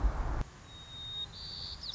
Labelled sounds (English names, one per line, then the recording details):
White-crowned Sparrow
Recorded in Sonoma County, California